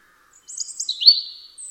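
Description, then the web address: European robin song, a short phrase of thin, high, tumbling notes. "Deverinetal 2025 File origin Bird Only Er Ru"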